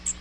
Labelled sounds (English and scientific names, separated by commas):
Magnolia Warbler (Setophaga magnolia) flight call